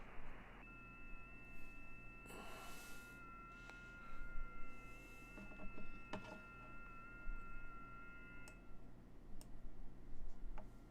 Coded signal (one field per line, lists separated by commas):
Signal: FT8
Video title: HAM RADIO COLORADO